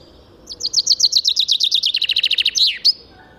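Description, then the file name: Common chaffinch song: a fast, bright rattle of high notes that steps down in pitch, then finishes with a swept, emphatic end flourish. "Fringilla coelebs"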